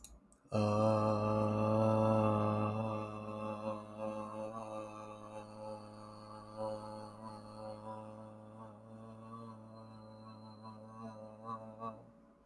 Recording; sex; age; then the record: vowel held as long as possible; male; 20 to 29 years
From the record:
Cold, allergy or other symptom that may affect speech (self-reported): no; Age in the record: 20 years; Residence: Michigan, United States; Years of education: 12